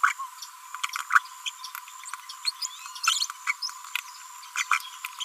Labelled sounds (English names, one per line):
Green-rumped Parrotlet babbling